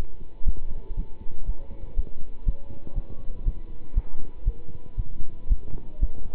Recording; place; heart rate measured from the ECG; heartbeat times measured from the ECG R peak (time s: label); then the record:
heart sounds by stethoscope; between the tricuspid and mitral areas; 119 bpm
0.45 s: heartbeat
0.96 s: heartbeat
1.46 s: heartbeat
1.95 s: heartbeat
2.45 s: heartbeat
2.94 s: heartbeat
3.44 s: heartbeat
3.94 s: heartbeat
4.44 s: heartbeat
4.96 s: heartbeat
5.48 s: heartbeat
5.99 s: heartbeat
From the record:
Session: pedaling a stationary bicycle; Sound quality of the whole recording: good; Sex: male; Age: 27 years